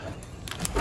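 Someone handles the metal tilt hinge at the top of a patio umbrella pole, bending it to angle the canopy. Short, sharp mechanical ticks come at about 0.5, 0.7 and 0.9 seconds over a low background hum. Nothing has seated or clicked into place yet.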